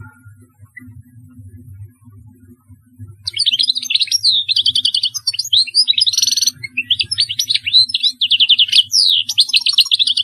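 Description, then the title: European goldfinch song beginning after three seconds of low hum, then sustained fast tinkling twitters, whistles and buzzy trills. "Chant Chardonneret"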